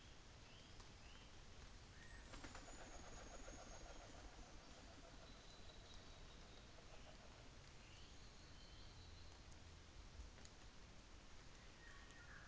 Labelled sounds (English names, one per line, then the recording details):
New Zealand Fantail
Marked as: faintness 3/5
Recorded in New Zealand on 24 December 2018
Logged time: 10:15